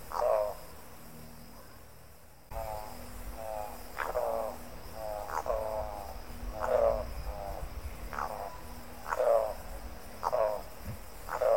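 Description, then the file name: Spot-billed Toucanet uttering one low, raspy croak, then after a pause of about three seconds a steady run of croaks, roughly one per second, with soft background hiss throughout. "canto da aracaripoca grande"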